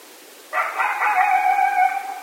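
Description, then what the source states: Coyote howl: one abrupt, loud, sustained wail that starts suddenly and holds a steady, rich tone, slightly wavering, for nearly two seconds. Several coyotes recorded at night on 16 October 2010.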